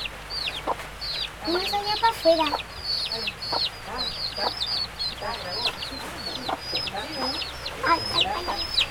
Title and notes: Pollitos (Guayubira y La Estiba). Mapa sonoro de Uruguay, 2018, La Guayubira. pollitos un día de lluvia